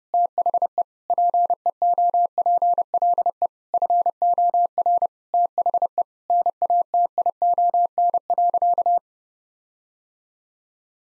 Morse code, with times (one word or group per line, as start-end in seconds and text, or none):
0.1-0.8 THE
1.1-3.5 PEOPLE
3.7-5.1 FOR
5.3-6.0 THE
6.3-9.0 NATION.